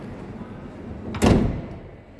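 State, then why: Seated. The manually operated sliding side door of a Toyota HiAce LWB van is slid along its track by hand into its latch. Over a low steady background, a short metallic double hit lands at 1.2 s and 1.2 s, then fades out. The door latches and locks in place.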